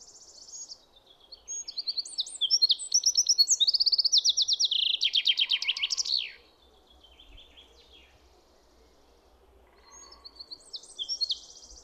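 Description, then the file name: Common chaffinch song, a bright cascading trill of repeated notes ending in a flourish, followed by silence and the start of another phrase. "Fringilla coelebs"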